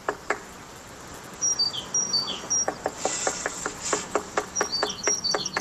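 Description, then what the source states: Great tit giving thin high calls in short bursts, with a run of sharp, irregular tapping and knocking sounds. In a garden in Groningen, thoroughly inspecting a nest box; described as a combination of spring cleaning and a small renovation, a cosy sound.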